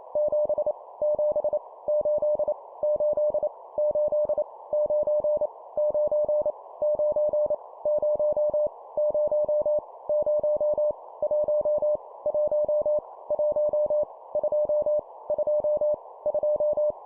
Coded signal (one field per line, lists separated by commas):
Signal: Morse code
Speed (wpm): 28 wpm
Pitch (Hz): 600 Hz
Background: none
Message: 7 7 8 8 8 9 9 9 0 0 0 1 1 1 2 2 2